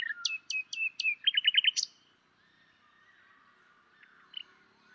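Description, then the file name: Common nightingale song: a phrase of four quick high descending notes, then a rapid burst of repeated buzzy notes ending in a sharp upslur, followed by near silence. "Luscinia megarhynchos"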